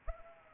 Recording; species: mosquito wingbeat signal from an infrared sensor; Anopheles arabiensis